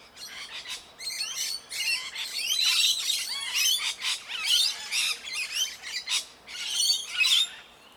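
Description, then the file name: Parrots squawking and chattering, many harsh looping calls overlapping in quick bursts, several birds calling at once. Parrots in a tree. "oroborosnz parrots-in-tree"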